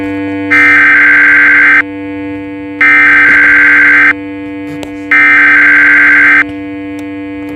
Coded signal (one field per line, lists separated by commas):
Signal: Emergency Alert System (SAME) tones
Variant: header bursts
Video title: Emergency alert system recordings #1: Quebec Message in Montreal